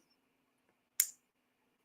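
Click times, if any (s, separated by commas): 1.0 s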